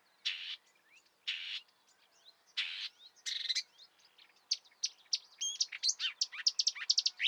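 Marsh warbler song opening with harsh scratchy bursts about a second apart, then speeding into a rapid medley of sharp whistles and trills.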